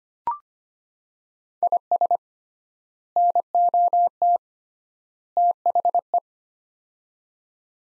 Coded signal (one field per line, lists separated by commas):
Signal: Morse code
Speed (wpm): 25 wpm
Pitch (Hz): 700 Hz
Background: none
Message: IS NOT THE